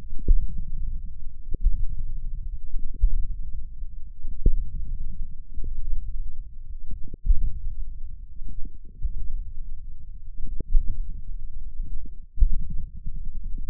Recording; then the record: forearm muscle sounds (acoustic myography)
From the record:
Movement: hand opening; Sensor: system 1, eight BSWA MPA416 microphones around the upper forearm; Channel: 8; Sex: male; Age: 28 years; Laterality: right